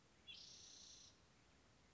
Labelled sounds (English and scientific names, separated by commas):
Spotted Towhee (Pipilo maculatus)